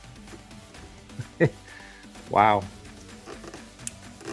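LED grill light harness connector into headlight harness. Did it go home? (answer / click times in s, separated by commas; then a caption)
yes / 3.9 s. A headlight wiring harness plug is pushed into the connector of an LED Raptor-style grill light harness on an F150 truck while someone talks. It latches with a short sharp click at 3.9 s, seating the connector in place.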